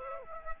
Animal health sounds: mosquito wingbeat signal from an infrared sensor; Aedes aegypti

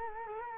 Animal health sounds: mosquito wingbeat signal from an infrared sensor; Culex quinquefasciatus

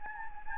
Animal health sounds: mosquito wingbeat signal from an infrared sensor; Anopheles gambiae

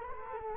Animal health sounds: mosquito wingbeat signal from an infrared sensor; Culex quinquefasciatus

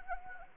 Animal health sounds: mosquito wingbeat signal from an infrared sensor; Anopheles arabiensis

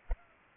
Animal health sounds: mosquito wingbeat signal from an infrared sensor; Culex pipiens

